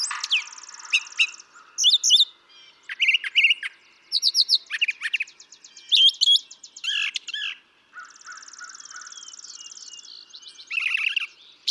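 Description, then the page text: Brown thrasher song: an extended sequence of varied phrases, buzzy trills, whistled slurs and rapid notes, with a long, even buzz near the end. Same male recorded over about three and a quarter hours; long song sequence with a repertoire estimated at about 1300 songs; Atlanta, Michigan, March 28, 2017. "Brown thrasher. ♫411. March 28, 2017. Atlanta, Michigan"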